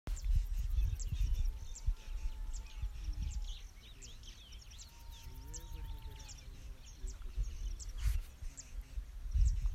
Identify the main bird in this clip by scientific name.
Cisticola juncidis